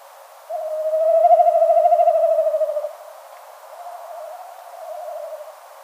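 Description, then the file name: Snipe drumming: one loud, pulsed, quavering hum lasting over two seconds, followed by a softer, shorter bout. "bekasowy"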